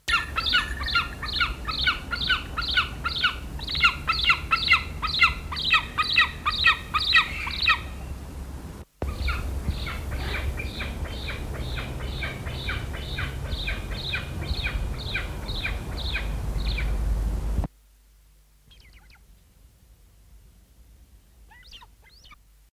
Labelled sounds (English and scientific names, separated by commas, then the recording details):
Wedge-tailed Eagle (Aquila audax) call
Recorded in captivity
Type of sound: call
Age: adult
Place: Greifvogelwarte Berlebeck Detmold, Nordrhein-Westfalen, DE
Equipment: Halbspur, 9,5 cm/s
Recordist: Lütgens, Hans
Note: Rufe